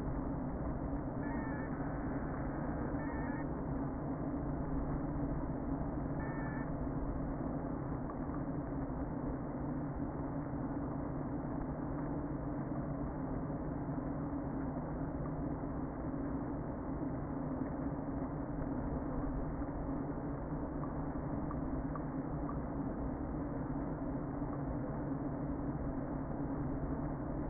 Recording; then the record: honeybee colony, microphone inside the hive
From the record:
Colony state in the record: queen present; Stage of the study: before two queens were removed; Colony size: about 60,000 bees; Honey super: yes